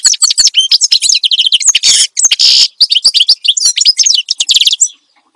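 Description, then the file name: Finch song: a long, fast, excited stream of high twittering and buzzy notes, nearly unbroken for five seconds before stopping. Energetic ('gacor') song used as a master recording for tutoring songbirds. "Suara Kicauan Burung Finch Gacor Dor Cocok Untuk Masteran"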